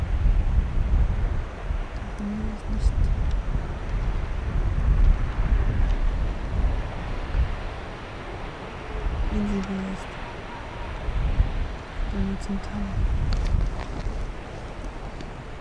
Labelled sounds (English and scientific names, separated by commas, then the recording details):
Arctic Fox (Vulpes lagopus)
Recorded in the wild
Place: Insel Mednyi, Kommandeur-Inseln, RU
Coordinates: 54.5167, 168.083
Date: 1999-07-09 19:41
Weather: 9°C, Westwind
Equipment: Sony WM-D6C, Sennheiser ME 80, K 30 AV, Windkorb, Kopie Sony TCD-D8
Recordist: Jakupi, Antje
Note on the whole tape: Südosten der Insel, Gerölltal: 10 Bellstrophen aus dem unteren Gerölltal. Wahrscheinlich Rüde grün/grün 68